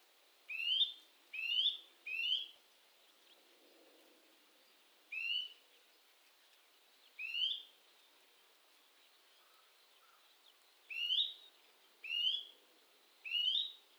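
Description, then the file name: Eurasian nuthatch call notes, sharp upslurred whistles repeated irregularly, eight in total, with faint low sounds in the gaps. "Sitta europaea"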